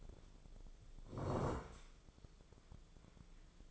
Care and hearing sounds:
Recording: daily activity, microphone in the room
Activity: sit down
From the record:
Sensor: 5

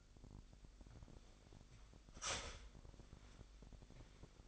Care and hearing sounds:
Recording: daily activity, microphone in the room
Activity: start toaster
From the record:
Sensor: 5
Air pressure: 1002.0 hPa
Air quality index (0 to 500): 203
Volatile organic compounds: 18 ppm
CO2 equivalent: 2625 ppm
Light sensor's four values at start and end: 34/110/42/45 and 34/109/42/44

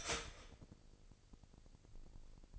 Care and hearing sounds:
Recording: daily activity, microphone in the room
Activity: start toaster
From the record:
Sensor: 5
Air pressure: 1007.2 hPa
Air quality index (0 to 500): 126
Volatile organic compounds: 1 ppm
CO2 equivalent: 955 ppm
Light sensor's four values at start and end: 30/69/29/30 and 30/68/28/30

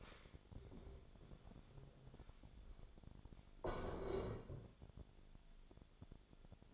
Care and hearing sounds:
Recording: daily activity, microphone in the room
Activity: stand up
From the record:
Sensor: 5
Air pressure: 1000.5 hPa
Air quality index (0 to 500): 143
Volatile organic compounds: 2 ppm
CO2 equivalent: 1114 ppm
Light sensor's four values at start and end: 46/107/44/47 and 46/107/44/47

